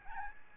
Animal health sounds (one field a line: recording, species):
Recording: mosquito wingbeat signal from an infrared sensor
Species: Aedes albopictus